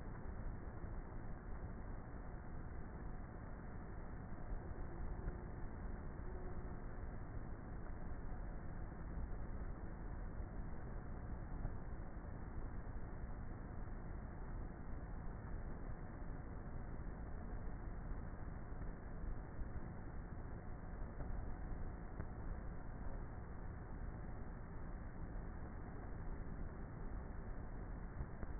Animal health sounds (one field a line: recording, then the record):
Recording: honeybee colony, microphone inside the hive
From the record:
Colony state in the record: queenless with a low population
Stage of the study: before two queens were removed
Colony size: about 30,000 bees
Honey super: no